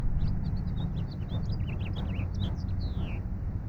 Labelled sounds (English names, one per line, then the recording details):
House Finch song
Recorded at Breezy Point on Long Island, New York, on 4 June 1975
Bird B